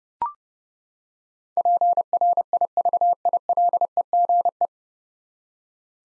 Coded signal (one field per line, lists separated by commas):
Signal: Morse code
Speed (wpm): 32 wpm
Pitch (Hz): 700 Hz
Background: none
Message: PRIVILEGE